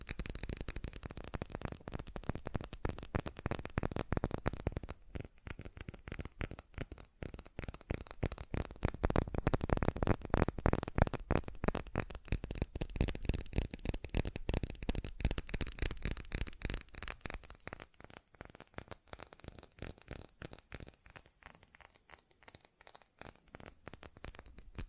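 Fast, dense tapping clatters on without pause, loudest around the middle and thinning toward the end, with a faint steady high hiss beneath.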